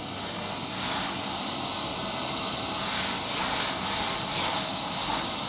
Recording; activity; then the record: daily activity, microphone in the room; vacuum cleaning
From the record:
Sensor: 3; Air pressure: 994.4 hPa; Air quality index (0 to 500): 208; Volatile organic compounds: 1000 ppm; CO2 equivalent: 6924 ppm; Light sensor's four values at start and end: 77/180/75/71 and 77/179/74/71